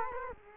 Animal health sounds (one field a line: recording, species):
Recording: mosquito wingbeat signal from an infrared sensor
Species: Culex quinquefasciatus